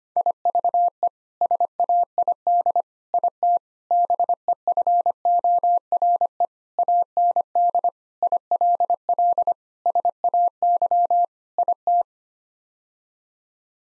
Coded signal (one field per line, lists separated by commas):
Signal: Morse code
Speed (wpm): 25 wpm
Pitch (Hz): 700 Hz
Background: none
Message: IVE SAID IT BEFORE AND ILL SAY IT